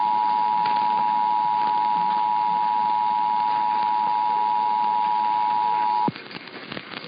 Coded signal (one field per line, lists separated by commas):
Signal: Emergency Alert System (SAME) tones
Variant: 853 and 960 Hz attention tone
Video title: Nebraska Required Monthly Test on KFAB 1110 (EAS #12316) 8/15/23